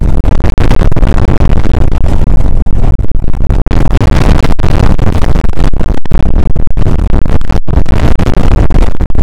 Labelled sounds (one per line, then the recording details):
wind
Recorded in the Prudhoe Bay oil fields, Alaska, on 2 August 2019 at 01:30
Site 29